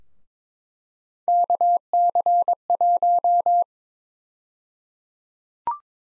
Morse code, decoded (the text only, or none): KC1